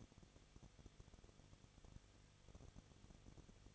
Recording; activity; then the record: daily activity, microphone in the room; no activity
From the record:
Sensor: 4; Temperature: 23.1 degrees Celsius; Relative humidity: 34.0%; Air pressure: 1007.1 hPa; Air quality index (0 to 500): 217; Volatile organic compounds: 15 ppm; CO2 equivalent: 2509 ppm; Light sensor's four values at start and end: 2/3/1/1 and 2/3/1/1